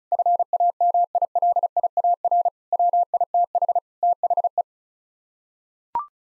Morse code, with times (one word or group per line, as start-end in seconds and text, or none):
0.1-2.5 FAMILIAR
2.7-3.8 WITH
4.0-4.6 THE